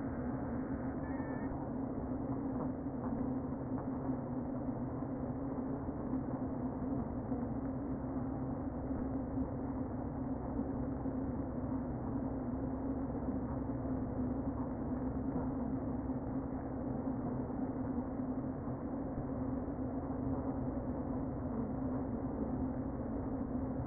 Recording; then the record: honeybee colony, microphone inside the hive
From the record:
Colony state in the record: queen present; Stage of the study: before two queens were removed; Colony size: about 60,000 bees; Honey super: yes